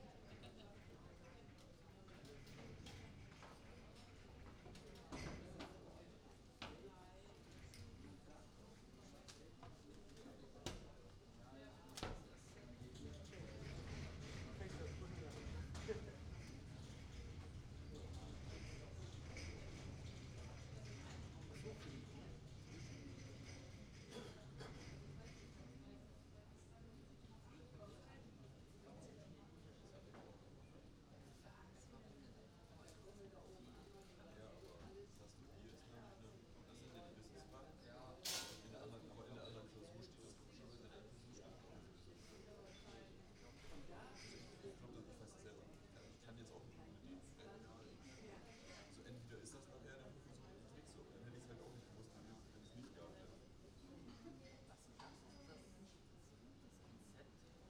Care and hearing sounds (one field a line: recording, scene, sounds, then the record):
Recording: everyday scene through a hearing-aid microphone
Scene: many people talking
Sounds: many voices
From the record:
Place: university cafeteria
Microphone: in the ear canal, right